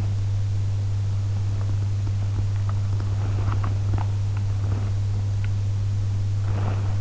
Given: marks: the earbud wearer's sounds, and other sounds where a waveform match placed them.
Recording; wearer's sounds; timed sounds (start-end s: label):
sounds in sleep by an in-ear microphone; teeth grinding, body movement
2.63-4.51 s: teeth grinding
4.51-7.01 s: body movement